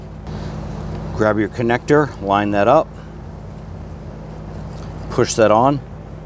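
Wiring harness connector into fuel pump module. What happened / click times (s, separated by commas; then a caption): Connector handled and lined up, not yet seated / none. Someone talks while handling the wiring harness connector for the fuel pump module on a 2011-2023 Dodge Charger 3.6L V6, lining the electrical connector up and starting to push it on over a steady low hum. The clip ends before the connector goes home, so nothing has seated or clicked yet.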